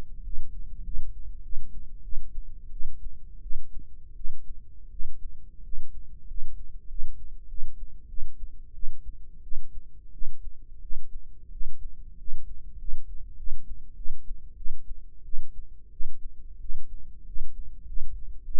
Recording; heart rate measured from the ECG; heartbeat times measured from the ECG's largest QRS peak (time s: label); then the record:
heart sounds by microphone in the right ear; 92 bpm
0.22 s: heartbeat
0.82 s: heartbeat
1.41 s: heartbeat
2.02 s: heartbeat
2.70 s: heartbeat
3.40 s: heartbeat
4.14 s: heartbeat
4.89 s: heartbeat
5.62 s: heartbeat
6.26 s: heartbeat
6.87 s: heartbeat
7.47 s: heartbeat
8.07 s: heartbeat
8.72 s: heartbeat
9.41 s: heartbeat
10.11 s: heartbeat
10.80 s: heartbeat
11.50 s: heartbeat
12.16 s: heartbeat
12.77 s: heartbeat
13.35 s: heartbeat
13.94 s: heartbeat
14.55 s: heartbeat
15.23 s: heartbeat
15.90 s: heartbeat
16.58 s: heartbeat
17.24 s: heartbeat
17.85 s: heartbeat
18.43 s: heartbeat
From the record:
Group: healthy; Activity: rest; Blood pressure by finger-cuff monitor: 112/79 mmHg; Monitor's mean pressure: 90 mmHg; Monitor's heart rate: 90 bpm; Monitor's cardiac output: 7.3 L/min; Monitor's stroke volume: 80 mL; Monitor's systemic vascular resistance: 910 dyn s/cm5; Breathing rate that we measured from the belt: 10 breaths a minute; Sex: female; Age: 19 years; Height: 163 cm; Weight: 51 kg